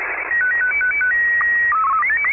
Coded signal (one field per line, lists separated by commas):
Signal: SSTV (slow-scan television)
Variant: Martin 2